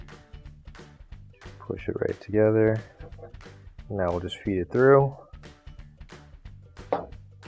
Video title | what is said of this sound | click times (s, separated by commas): W10820044 - Replacing Your Washer's Power Cord - AP5988521 PS11727764 | and it clicks right back into place. | 6.9 s